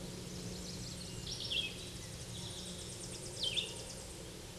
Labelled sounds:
Red-eyed Vireo song
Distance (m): 10 m
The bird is about 10 m above the microphone
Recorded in a Pennsylvania forest on 16 May 2024 at 08:05
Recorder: AudioMoth, point MSD-2429
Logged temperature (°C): 16.7 °C
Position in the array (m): 108 m, 76 m

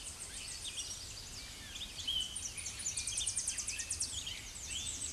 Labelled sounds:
Tennessee Warbler song
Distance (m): 30 m
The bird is about 20 m above the microphone
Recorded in a Pennsylvania forest on 16 May 2024 at 07:13
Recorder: AudioMoth, point MSD-2345
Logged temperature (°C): 15.5 °C
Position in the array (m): 155 m, 216 m

